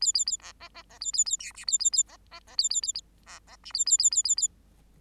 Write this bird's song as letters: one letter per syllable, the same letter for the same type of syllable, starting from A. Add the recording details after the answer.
A A A B B B B A A A C D A A A B B B A A A A B B D A A A A A A. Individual Bird8